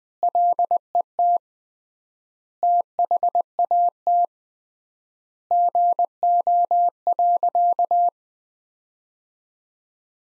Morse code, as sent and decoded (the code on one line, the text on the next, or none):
.-.. . - / - .... .- - / --. --- .-.-.-
LET THAT GO.